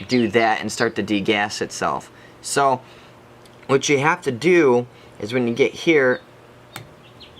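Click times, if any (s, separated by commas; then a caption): 6.8 s. Someone talks while the on/off lever of the air source adapter on a Dye M2 paintball marker is pushed over the detent ball. A small, sharp click sounds at 6.8 s as the lever locks into place, so the adapter will not slowly degas.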